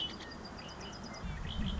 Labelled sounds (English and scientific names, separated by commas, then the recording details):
Red-winged Blackbird (Agelaius phoeniceus)
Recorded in Sonoma County, California